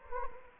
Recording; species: mosquito wingbeat signal from an infrared sensor; Anopheles gambiae